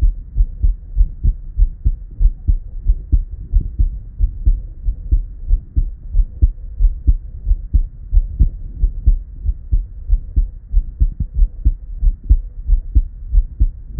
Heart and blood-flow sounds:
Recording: heart sounds by stethoscope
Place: Erb's point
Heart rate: 92 bpm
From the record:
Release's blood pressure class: normal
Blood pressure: 110/60 mmHg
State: at rest

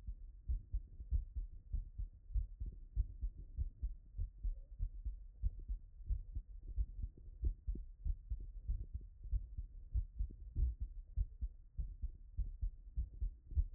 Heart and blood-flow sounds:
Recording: heart sounds by stethoscope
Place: Erb's point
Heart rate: 89 bpm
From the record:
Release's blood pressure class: hypertension stage 1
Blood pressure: 130/69 mmHg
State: after exercise

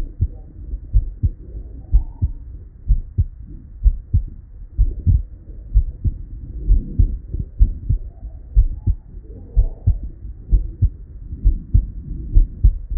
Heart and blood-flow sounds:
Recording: heart sounds by stethoscope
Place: Erb's point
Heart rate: 63 bpm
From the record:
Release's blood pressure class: normal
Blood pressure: 119/64 mmHg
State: at rest

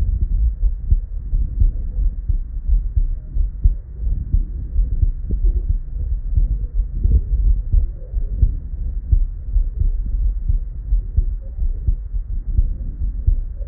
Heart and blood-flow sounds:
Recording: heart sounds by stethoscope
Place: Erb's point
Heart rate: 86 bpm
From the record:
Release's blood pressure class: normal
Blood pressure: 112/64 mmHg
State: at rest

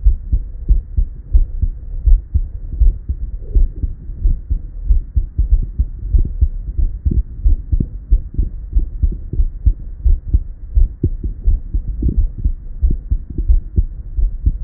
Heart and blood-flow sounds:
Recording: heart sounds by stethoscope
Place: Erb's point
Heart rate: 89 bpm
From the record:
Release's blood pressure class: hypertension stage 1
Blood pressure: 132/76 mmHg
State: at rest

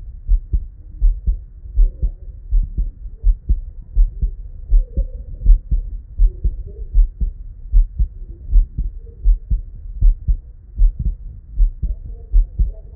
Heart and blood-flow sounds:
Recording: heart sounds by stethoscope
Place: Erb's point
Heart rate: 80 bpm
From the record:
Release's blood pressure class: elevated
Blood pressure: 124/69 mmHg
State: at rest

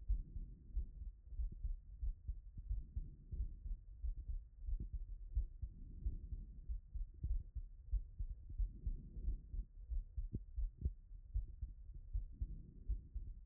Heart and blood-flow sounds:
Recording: heart sounds by stethoscope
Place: Erb's point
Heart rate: 89 bpm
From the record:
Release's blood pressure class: hypertension stage 1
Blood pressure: 135/76 mmHg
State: after exercise

